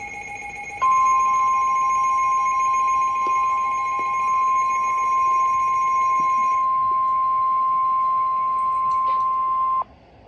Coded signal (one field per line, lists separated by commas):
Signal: Emergency Alert System (SAME) tones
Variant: 1050 Hz attention tone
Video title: Severe Thunderstorm Warning (EAS #521)